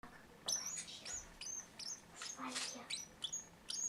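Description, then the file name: Turquoise parrot song: faint, high, sharp chirps and little slurred notes tumbling in rapid succession, with soft lower murmurs between. Male singing; described as the quietest parrot in the world. "samyi tixii popugai na svete poet samec travyanogo lazurnogo popugaya"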